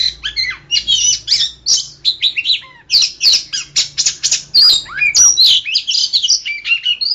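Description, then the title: Oriental magpie-robin song: dense bursts of chattering, buzzy and whistled phrases tumbling one after another, with brief sharp clicks between them. "Kacer"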